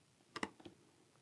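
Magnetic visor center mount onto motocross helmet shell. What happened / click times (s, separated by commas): A magnetic plastic mount snapped into place / 0.4 s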